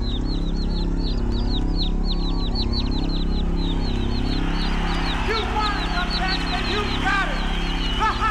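Many high, repeated chick peeps chirp in quick, overlapping bursts over a steady low rhythmic hum and thumping, growing busier and denser in the second half; recorded for a Mixtape Radio advertisement.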